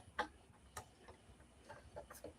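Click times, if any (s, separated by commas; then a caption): none. A 3D-printed plastic body mount keeper on an RC crawler is handled near the stock chassis crossmember after being unclipped, with a few light ticks and taps, the loudest at 0.2 and 0.8 seconds. The clip ends just before the keeper is pushed back in behind the crossmember, so nothing has seated or clicked yet.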